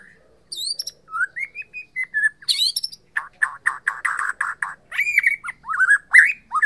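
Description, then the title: White-rumped shama song: clear rising whistles, then a dense, rapid series of loud repeated notes and bright upswept phrases. Bornean type. "MURAI BORNEO MAS KIKI"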